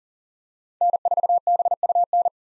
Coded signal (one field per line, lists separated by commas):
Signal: Morse code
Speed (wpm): 40 wpm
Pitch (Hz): 700 Hz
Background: none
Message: N4BUN